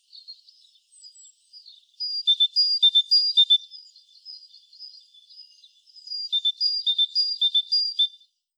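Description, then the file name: Great tit giving bright, high two-note phrases that alternate pitch and repeat quickly in two bursts, with quieter twittering notes between them. "Parus major"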